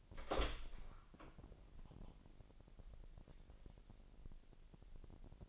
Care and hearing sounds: daily activity, microphone in the room; open door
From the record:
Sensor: 5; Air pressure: 1001.3 hPa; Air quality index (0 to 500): 248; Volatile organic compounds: 35 ppm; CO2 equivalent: 3060 ppm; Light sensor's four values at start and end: 36/84/34/32 and 35/81/32/30

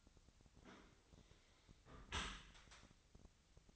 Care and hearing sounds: daily activity, microphone in the room; close dishwasher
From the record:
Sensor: 3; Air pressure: 1003.0 hPa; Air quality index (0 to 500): 196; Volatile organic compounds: 6 ppm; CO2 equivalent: 1918 ppm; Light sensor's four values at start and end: 21/51/21/23 and 21/51/22/23

